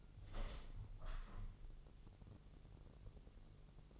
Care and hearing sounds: daily activity, microphone in the room; open window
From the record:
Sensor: 4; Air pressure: 1001.3 hPa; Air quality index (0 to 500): 168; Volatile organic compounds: 2 ppm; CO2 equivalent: 1205 ppm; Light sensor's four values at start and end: 13/29/12/13 and 13/29/12/13

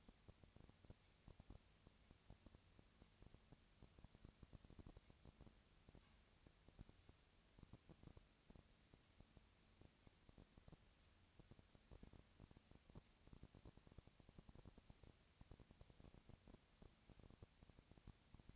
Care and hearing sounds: daily activity, microphone in the room; no activity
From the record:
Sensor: 2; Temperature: 20.1 degrees Celsius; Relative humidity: 35.5%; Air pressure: 996.8 hPa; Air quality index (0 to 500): 197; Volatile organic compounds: 30 ppm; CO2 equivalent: 2953 ppm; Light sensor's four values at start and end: 2/3/2/2 and 2/3/2/2

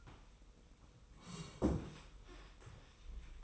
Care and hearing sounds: daily activity, microphone in the room; sit down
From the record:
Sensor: 1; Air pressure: 990.4 hPa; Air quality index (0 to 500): 151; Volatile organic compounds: 1000 ppm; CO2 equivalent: 5471 ppm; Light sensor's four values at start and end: 33/76/33/35 and 33/77/33/36

